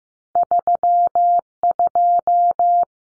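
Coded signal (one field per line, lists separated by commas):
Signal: Morse code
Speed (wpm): 15 wpm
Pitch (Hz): 700 Hz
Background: none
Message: 32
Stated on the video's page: Practice drill at 15wpm of two-digit cut numbers, each sent in Morse, spoken, then sent again for head-copy.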